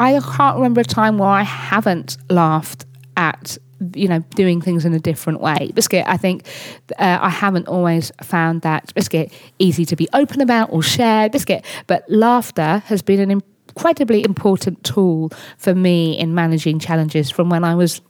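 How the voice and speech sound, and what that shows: An adult woman with Tourette syndrome speaks fluently but blurts "biscuit" three times mid-sentence, her frequent vocal tics. Her tics are mainly 'biscuit' and 'hedgehog', alongside motor tics such as repeatedly thumping her chest hard.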